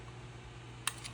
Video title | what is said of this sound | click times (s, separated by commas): Mavic 3 Obstacle Avoidance System repair. | you can hear click | 0.9 s